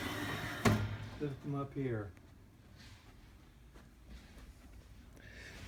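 Someone talks while flipping the two latches on a hurricane window shutter, and a single sharp click is heard at 0.7 s as a shutter latch clicks into place. The latch is seated.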